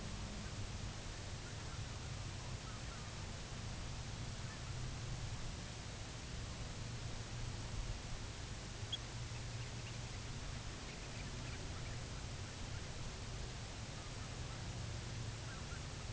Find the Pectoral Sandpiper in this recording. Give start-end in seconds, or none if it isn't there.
8.74-12.05, 12.96-13.69